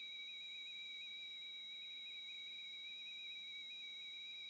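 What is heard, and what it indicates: A simulated tinnitus sound from a device: a steady, high-pitched whistling tone near 2.3 kHz with a faint higher line and soft hiss above, continuing unbroken throughout. It represents constant tinnitus, the kind that is always there.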